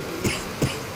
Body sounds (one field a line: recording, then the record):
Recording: coughing mixed with background sound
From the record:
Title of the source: Dry Afternoon Cough